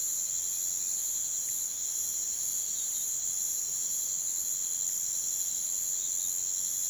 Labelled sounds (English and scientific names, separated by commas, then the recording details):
none
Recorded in pastures near Puerto Asís, Putumayo, Colombia, on 27 June 2025 at 05:00
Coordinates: 0.486, -76.323
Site H29